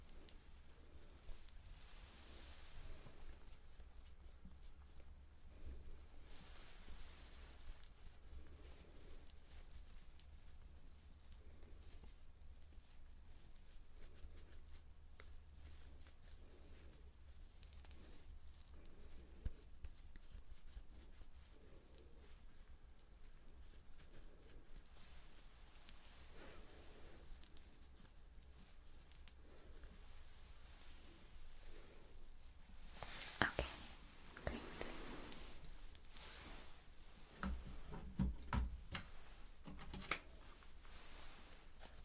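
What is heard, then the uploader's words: A facial, neck and scalp massage is underway, with soft rubbing and brushing strokes repeating steadily every second or two over a constant low hum. Around 33 to 34 seconds a brief louder rustle stands out, and a few light crinkles follow near 38 seconds. ASMR Tingle Spa - Facial, Neck and Scalp Massage.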